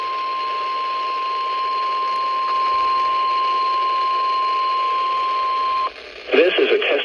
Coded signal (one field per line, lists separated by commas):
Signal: Emergency Alert System (SAME) tones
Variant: 1050 Hz attention tone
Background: speech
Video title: (EAS "#276-290") North & South Carolina Tornado Drills over NWR (and FM too!) - 3/6/2024